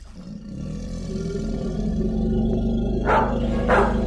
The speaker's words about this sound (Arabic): وفجأة تنفتح أبواب الجحيم. كل المخاوف الكامنة في نفس مايكل هاثاوي تخرج إلى الوجود. كلاب سوداء هائجة تنبح، نمور، تنانين، أفاعي.